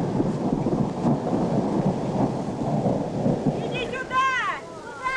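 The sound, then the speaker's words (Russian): A stormy roar of wind bending trees and rumbling thunder fills the whole stretch, steady and loud, with a few high, sweeping whistles rising and falling near the end. “Ветер гнет деревья.”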